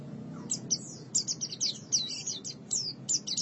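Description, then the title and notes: White-eye twittering, a quick series of high, thin slurred chirps, somewhat softer against a steady low background. "Suara kicauan burung pleci"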